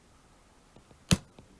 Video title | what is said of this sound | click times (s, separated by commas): How to set Lock Code on a Tripp Suitcase - Tripp Suitcase Lock & Unlock | need to push that in with a sharp instrument maybe a pen or something and you'll hear it click, that means you can now set the | 1.1 s